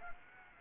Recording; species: mosquito wingbeat signal from an infrared sensor; Aedes aegypti